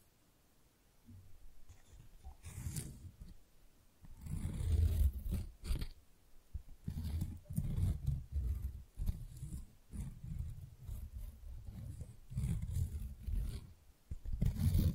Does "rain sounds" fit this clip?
no